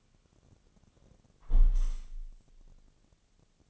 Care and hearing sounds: daily activity, microphone in the room; close window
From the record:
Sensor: 4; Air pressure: 1001.2 hPa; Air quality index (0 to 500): 175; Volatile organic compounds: 2 ppm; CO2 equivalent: 1253 ppm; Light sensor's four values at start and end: 12/28/11/12 and 12/28/11/12

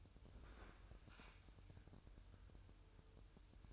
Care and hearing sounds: daily activity, microphone in the room; open fridge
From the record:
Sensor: 2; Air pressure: 988.3 hPa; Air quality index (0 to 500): 189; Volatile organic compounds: 172 ppm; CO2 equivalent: 4112 ppm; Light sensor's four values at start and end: 21/70/27/26 and 21/70/27/26

